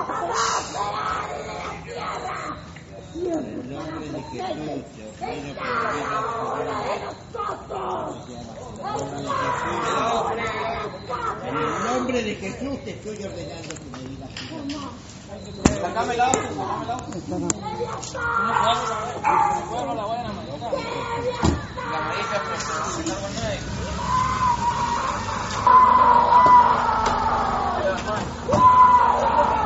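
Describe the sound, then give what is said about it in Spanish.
Harsh, animal-like screams and yelps from a person during an exorcism recorded on mobile phones, barking and whimpering in turns, rise over a steady stretch of overlapping voices, growing louder and shriller toward the end. “Había unas franjas ahí como muy conocidas del grito ya cuando se vuelve animalesco completamente, ¿no?”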